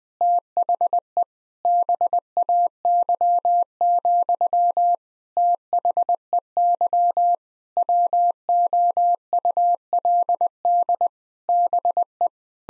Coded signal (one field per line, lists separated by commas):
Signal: Morse code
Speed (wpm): 21 wpm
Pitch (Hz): 700 Hz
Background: none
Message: THE BAY, THEY WOULD BE